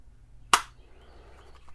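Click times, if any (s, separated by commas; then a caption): 0.5 s. A pistol is pushed into a kydex holster shell and snaps in with one loud, sharp click at 0.5 seconds, followed by quiet handling noise. The pistol is seated in the holster and sits as deep as it needs to.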